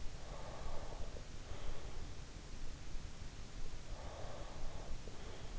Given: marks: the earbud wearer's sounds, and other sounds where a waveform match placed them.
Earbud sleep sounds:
sounds in sleep by an in-ear microphone; breath
0.19-2.02 s: breath
4.02-5.59 s: breath

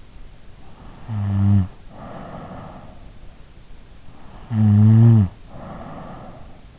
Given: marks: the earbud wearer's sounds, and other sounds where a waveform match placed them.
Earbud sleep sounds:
sounds in sleep by an in-ear microphone; snoring breath
0.74-3.06 s: snoring breath
3.73-6.59 s: snoring breath

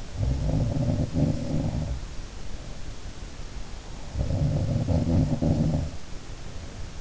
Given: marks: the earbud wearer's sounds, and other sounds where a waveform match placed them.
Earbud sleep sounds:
sounds in sleep by an in-ear microphone; breath
0.00-2.92 s: sound from someone else or the room
3.55-4.58 s: breath
3.99-7.01 s: sound from someone else or the room

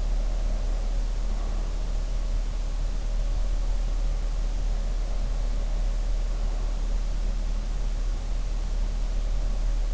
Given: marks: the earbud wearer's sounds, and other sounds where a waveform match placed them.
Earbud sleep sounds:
sounds in sleep by an in-ear microphone; breath
0.00-2.15 s: breath

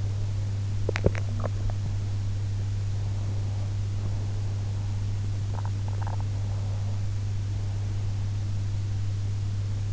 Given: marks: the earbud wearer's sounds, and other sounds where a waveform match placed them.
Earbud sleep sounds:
sounds in sleep by an in-ear microphone; teeth grinding, swallowing
0.00-2.24 s: teeth grinding
5.45-6.82 s: swallowing

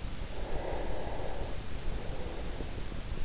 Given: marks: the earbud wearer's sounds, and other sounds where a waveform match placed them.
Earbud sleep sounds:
sounds in sleep by an in-ear microphone; breath
0.28-2.99 s: breath

